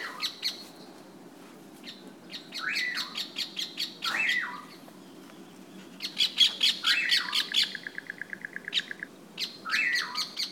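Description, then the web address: Bird calls mixing sharp chirps with swooping down-slurred notes and one short dry buzzy trill, coming in bursts separated by quiet gaps. "os passaros"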